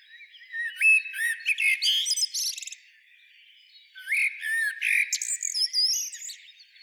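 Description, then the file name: Common blackbird song with two phrases of mellow whistles and thin, scratchy high twitters, split by a gap of about a second. "Turdus merula"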